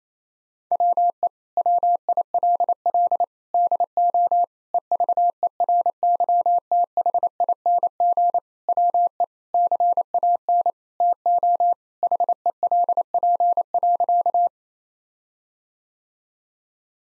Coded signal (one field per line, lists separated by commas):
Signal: Morse code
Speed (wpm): 28 wpm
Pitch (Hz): 700 Hz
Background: none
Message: WE WILL DO EVERYTHING WE CAN TO HELP.